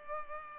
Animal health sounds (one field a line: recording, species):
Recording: mosquito wingbeat signal from an infrared sensor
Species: Culex pipiens